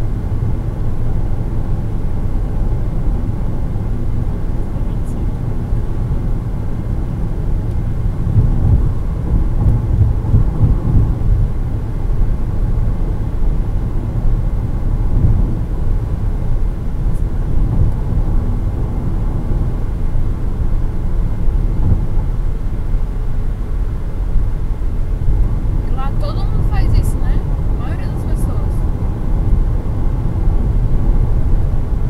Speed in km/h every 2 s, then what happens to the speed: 142, 139, 135, 132, 131, 132, 134, 136, 137, 137, 138, 139, 141, 141, 141, 141.
0-7 slows to 131. 7-32 steady at about 137.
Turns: none.